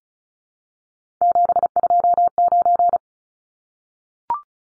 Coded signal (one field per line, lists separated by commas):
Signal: Morse code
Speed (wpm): 34 wpm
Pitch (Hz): 700 Hz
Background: none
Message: 729